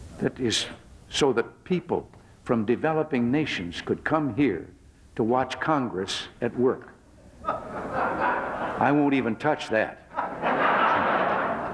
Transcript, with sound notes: that—so that people from developing nations could come here to watch Congress at work. [Laughter] I won't even touch that.